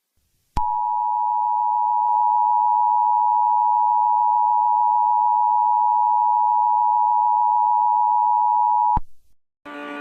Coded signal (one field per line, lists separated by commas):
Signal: Emergency Alert System (SAME) tones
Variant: 853 and 960 Hz attention tone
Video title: EAS MOCK 18: AMBER ALERT FOR WYOMING